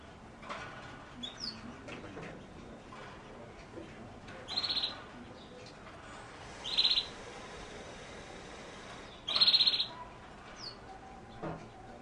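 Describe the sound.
Canary: three short, loud, high trilled bursts spaced a couple of seconds apart, with faint scattered chirps between them over a steady background hiss.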